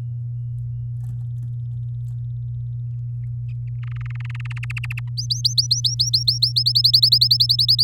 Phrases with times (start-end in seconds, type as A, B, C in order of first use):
3.83-4.65 A, 4.70-5.00 B, 5.17-6.52 C, 6.56-7.83 D